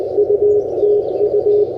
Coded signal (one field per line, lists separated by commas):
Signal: Morse code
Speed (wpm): 20 wpm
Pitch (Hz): 410 Hz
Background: none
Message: UTU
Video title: QRP CW POTA Activation at Eisenhower State Park | CFT1 + KJ6ER Challenger OCF Dipole